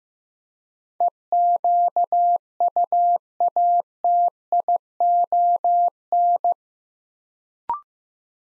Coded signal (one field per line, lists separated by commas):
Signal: Morse code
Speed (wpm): 15 wpm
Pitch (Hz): 700 Hz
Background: none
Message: EQUATION